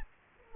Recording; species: mosquito wingbeat signal from an infrared sensor; Aedes aegypti